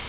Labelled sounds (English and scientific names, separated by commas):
Grace's Warbler (Setophaga graciae) flight call